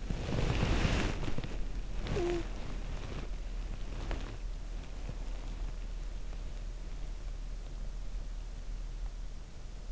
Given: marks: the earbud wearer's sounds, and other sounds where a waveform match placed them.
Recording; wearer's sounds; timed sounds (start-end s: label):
sounds in sleep by an in-ear microphone; body movement, talking in sleep
0.00-4.67 s: body movement
2.07-2.38 s: talking in sleep